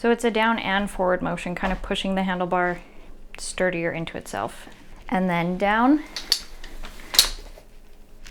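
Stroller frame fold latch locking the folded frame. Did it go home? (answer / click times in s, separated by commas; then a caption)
yes / 7.2 s. Someone talks while folding a stroller frame, pressing its release buttons and pushing the handlebar down and forward into itself. The frame's fold latch then locks the folded stroller with a loud, sharp click at 7.2 s, and the fold lock is seated.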